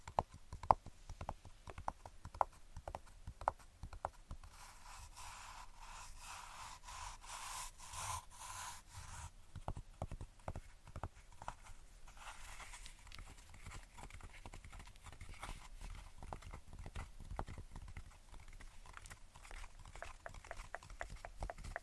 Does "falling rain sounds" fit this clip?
no